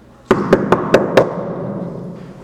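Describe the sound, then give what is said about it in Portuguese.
Five quick, sharp knocks on a house door by a young stranger, in an even rhythm, each a loud hollow rap, followed by a short fading tail of quiet. “É sonoplastia para acordar aqueles que estiverem sonolentos.”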